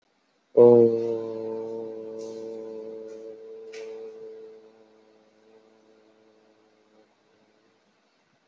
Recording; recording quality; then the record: sustained vowel as in boot; excellent, no background noise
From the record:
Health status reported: COVID-19 positive, moderate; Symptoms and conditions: cough, cold, breathing difficulty, sore throat, fever, loss of smell and taste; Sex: male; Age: 23 years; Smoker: not ticked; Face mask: not worn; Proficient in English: yes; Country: India